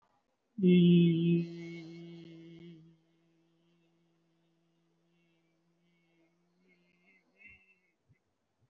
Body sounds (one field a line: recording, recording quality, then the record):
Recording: sustained vowel as in beet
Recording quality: excellent, no background noise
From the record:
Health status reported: respiratory illness, not identified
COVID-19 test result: negative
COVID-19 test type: RT-PCR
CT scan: taken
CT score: 0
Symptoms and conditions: cough, cold, breathing difficulty, sore throat, chronic lung disease, another respiratory illness, hypertension, diabetes, ischaemic heart disease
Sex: male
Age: 67 years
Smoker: no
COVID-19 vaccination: none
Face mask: worn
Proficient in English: no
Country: India